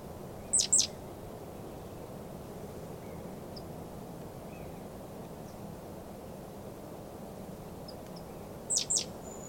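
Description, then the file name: Great tit calls: a pair of short, sharp high notes near the start, then another pair near the end, over steady low background noise. "Parus major"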